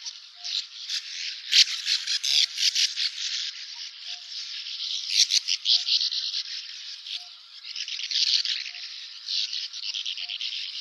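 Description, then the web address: Sand martin calls, harsh buzzy twittering in overlapping bursts, with a faint short tone repeated at fairly regular intervals in the background. "syoudoutubame"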